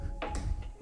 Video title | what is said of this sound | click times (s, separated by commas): The Best RANE One MKII Review + Scratch Demos by Fatty Lumpkin | spin it until it clicks, | 0.2 s